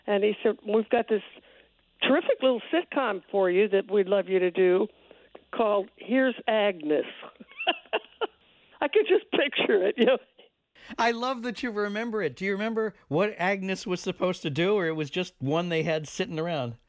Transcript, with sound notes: And he said, we've got this terrific little sitcom for you that we'd love you to do called "Here's Agnes" (laughter). I could just picture it, you know.
I love that you remember it. Do you remember what Agnes was supposed to do or it was just one they had sitting around?